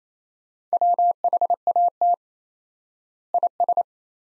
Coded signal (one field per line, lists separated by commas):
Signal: Morse code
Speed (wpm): 28 wpm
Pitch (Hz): 700 Hz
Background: none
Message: WHAT IS